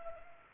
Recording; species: mosquito wingbeat signal from an infrared sensor; Culex pipiens